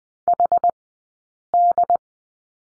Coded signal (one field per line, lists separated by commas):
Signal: Morse code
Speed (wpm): 20 wpm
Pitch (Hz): 700 Hz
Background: none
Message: HD